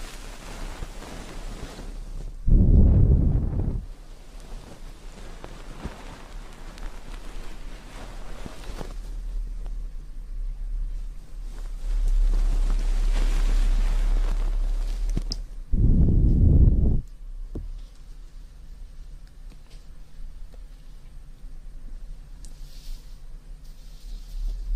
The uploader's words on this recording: TimASMR- Ear Cleaning & Ear Massage Water Sounds.